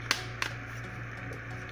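A magnetic battery mod is attached to the back of a Moto Z Play smartphone, held on by its magnet. Two sharp snaps are heard at 0.1 s and 0.4 s over a steady low hum, and the mod seats in place.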